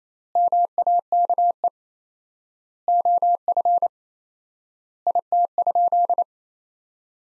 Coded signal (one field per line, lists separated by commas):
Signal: Morse code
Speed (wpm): 28 wpm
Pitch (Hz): 700 Hz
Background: none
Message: MAKE OF IT?